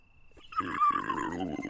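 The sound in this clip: Pig scream, a harsh rasping squeal starting after a short quiet moment and holding strained and noisy to the end.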